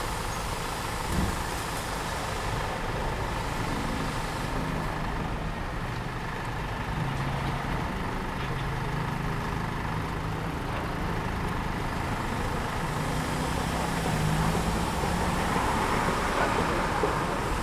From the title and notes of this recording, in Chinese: 仿佛在北大南门等人｜城市声音。气温在1度左右。